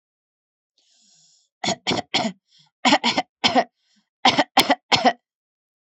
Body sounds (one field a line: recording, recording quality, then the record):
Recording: shallow voluntary cough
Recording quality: excellent, no background noise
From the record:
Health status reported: healthy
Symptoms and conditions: none ticked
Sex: female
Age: 41 years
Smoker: not ticked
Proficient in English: yes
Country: India